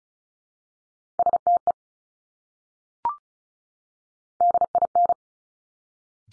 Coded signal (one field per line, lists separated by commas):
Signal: Morse code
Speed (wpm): 36 wpm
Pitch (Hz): 700 Hz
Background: none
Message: STE DIN